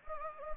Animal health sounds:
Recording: mosquito wingbeat signal from an infrared sensor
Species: Anopheles gambiae

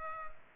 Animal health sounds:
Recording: mosquito wingbeat signal from an infrared sensor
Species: Culex pipiens

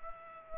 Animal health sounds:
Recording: mosquito wingbeat signal from an infrared sensor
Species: Aedes aegypti

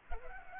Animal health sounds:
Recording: mosquito wingbeat signal from an infrared sensor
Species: Culex pipiens

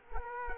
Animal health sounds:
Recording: mosquito wingbeat signal from an infrared sensor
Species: Culex quinquefasciatus

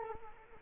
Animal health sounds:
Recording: mosquito wingbeat signal from an infrared sensor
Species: Culex quinquefasciatus

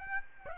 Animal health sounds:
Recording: mosquito wingbeat signal from an infrared sensor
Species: Aedes aegypti

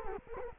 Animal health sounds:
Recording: mosquito wingbeat signal from an infrared sensor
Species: Culex quinquefasciatus

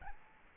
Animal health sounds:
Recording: mosquito wingbeat signal from an infrared sensor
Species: Aedes albopictus

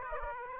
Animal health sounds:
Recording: mosquito wingbeat signal from an infrared sensor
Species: Aedes aegypti

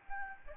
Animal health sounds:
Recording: mosquito wingbeat signal from an infrared sensor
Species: Aedes albopictus

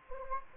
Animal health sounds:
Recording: mosquito wingbeat signal from an infrared sensor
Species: Anopheles gambiae

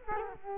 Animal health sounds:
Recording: mosquito wingbeat signal from an infrared sensor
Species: Culex quinquefasciatus

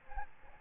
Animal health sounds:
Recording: mosquito wingbeat signal from an infrared sensor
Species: Aedes albopictus

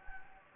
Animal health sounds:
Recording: mosquito wingbeat signal from an infrared sensor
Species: Anopheles gambiae

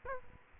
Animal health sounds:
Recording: mosquito wingbeat signal from an infrared sensor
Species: Aedes aegypti

